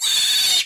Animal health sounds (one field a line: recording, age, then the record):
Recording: pig call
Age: piglet (1 to 25 days)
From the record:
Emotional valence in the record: negative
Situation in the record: castration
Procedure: castration, fixation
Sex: male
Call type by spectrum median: high-frequency call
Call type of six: high-frequency modulated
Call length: 0.66 s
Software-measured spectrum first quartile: 3710 Hz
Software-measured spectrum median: 4606 Hz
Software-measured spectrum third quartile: 7928 Hz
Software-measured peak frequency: 3663 Hz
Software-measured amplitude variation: 75 dB a second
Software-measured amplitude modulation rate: 23.6 a second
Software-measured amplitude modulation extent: 3.2 dB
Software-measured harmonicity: 4.7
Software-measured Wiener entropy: -2.31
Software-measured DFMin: 723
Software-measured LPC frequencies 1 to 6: 1853, 2750, 3605, 4490, 5756, 6579 Hz